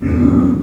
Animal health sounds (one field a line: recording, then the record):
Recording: squeal of a Yucatan mini pig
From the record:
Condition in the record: after surgery on the right vocal fold (resection and tissue-engineered implant)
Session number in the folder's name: 11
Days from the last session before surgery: 98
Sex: female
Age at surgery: 19 weeks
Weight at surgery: 25 kg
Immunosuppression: prednisolone